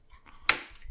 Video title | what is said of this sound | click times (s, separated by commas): Nemesis Transforms Mastermind Creations PS-17 Probus | like that click | 0.5 s